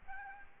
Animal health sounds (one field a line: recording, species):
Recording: mosquito wingbeat signal from an infrared sensor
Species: Aedes albopictus